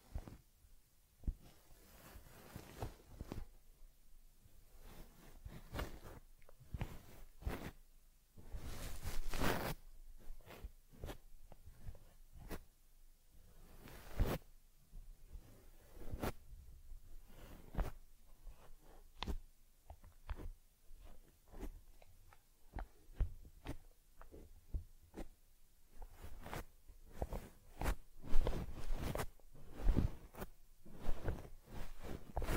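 Soft rubbing, brushing and combing sounds from caring for a teddy bear, with a head massage, facial cleansing and fur combing. Quick scratchy strokes come in irregular bursts, some sharper and louder near 9, 16 and 28–30 seconds, over a quiet low background.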